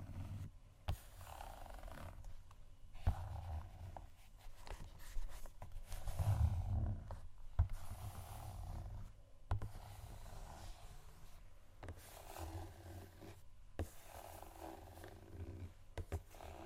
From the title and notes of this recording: ASMR Shoes Scratching & Tapping（No Talking）.